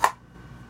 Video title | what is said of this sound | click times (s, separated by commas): Corso Concealment - Stealth IWB Holster - Glock 17 - TLR-1-HL | As you put it in, there's a very positive click. | 0.0 s